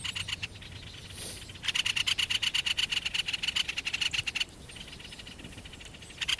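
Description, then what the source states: Great spotted woodpecker rattling call: a fast, harsh, clicking chatter lasting almost three seconds, then a brief second burst starting at the very end. Rattling chatter call, termed räksytys in Finnish.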